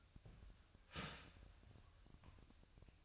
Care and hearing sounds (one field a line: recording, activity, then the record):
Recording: daily activity, microphone in the room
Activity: start toaster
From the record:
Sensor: 2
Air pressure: 1001.9 hPa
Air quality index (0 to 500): 246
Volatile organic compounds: 37 ppm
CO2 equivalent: 3100 ppm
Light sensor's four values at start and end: 9/30/12/11 and 9/30/12/11